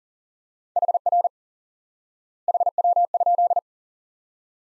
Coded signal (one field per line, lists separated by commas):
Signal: Morse code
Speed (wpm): 40 wpm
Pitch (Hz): 700 Hz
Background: none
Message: HR HW?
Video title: Course 3 - Lesson 53 - QRQ - Two Elements